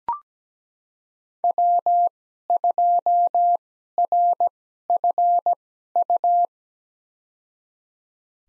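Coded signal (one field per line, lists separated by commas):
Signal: Morse code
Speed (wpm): 17 wpm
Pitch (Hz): 700 Hz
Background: none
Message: W2RFU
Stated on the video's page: Morse practice: five-character USA call signs at 17 wpm with Farnsworth 2x character spacing, sent for head-copy.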